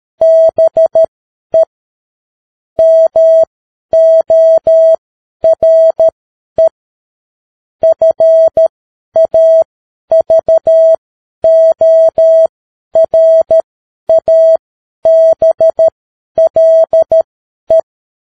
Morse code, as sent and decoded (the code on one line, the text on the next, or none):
-... . / -- --- .-. . / ..-. .- ...- --- .-. .- -... .-.. .
BE MORE FAVORABLE